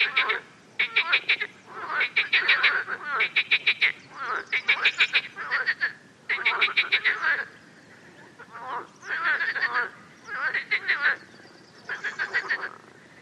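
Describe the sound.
Frog croaks: quick pulsed croaks in repeated bursts, pausing briefly now and then.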